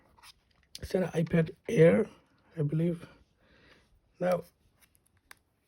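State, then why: Seated. A Lightning charging cable is plugged into the charging port of an iPad Air while someone talks. A sharp click at 5.3 seconds shows the plug going in all the way and seating in the port.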